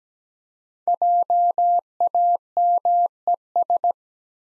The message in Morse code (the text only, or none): JAMES